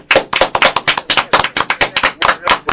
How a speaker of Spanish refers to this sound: Desde Argentina, nosotros tenemos un lema que es: a los grandes campeones, cuando los despedimos, porque nos viene la tanda, les damos un aplauso muy grande. Así que este es el aplauso de toda Argentina para Alexis Argüello.